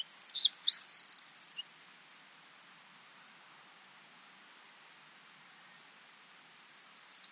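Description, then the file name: Eurasian wren song: a short burst of high notes and a buzzy trill, then a long quiet gap before another brief phrase begins. "Troglodytes troglodytes"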